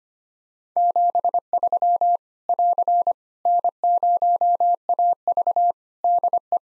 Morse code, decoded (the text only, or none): 73 <AR> N0AV DE